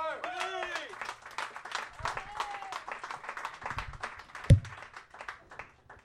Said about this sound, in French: Mademoiselle, là, avec les lunettes, viens avec moi. Oui, on l'applaudit, tout le monde.